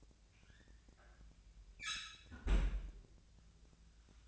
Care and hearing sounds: daily activity, microphone in the room; close fridge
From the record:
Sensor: 2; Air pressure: 1009.6 hPa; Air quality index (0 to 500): 184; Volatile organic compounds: 11 ppm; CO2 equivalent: 2291 ppm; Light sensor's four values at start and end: 23/57/24/27 and 23/57/25/27

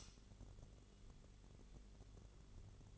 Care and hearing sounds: daily activity, microphone in the room; light on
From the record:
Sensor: 4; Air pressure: 1008.7 hPa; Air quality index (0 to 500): 98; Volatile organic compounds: 1 ppm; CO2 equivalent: 732 ppm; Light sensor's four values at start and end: 13/30/12/12 and 14/33/13/13

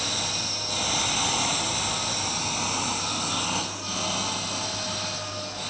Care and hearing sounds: daily activity, microphone in the room; vacuum cleaning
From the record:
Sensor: 2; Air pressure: 999.1 hPa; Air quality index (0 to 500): 202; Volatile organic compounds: 31 ppm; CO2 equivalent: 2983 ppm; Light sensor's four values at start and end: 6/14/6/6 and 6/14/6/6

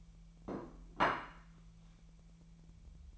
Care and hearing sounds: daily activity, microphone in the room; place plate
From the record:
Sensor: 1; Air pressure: 1000.3 hPa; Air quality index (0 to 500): 145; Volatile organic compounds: 3 ppm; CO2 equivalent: 1367 ppm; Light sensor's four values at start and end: 30/73/31/37 and 30/74/31/37

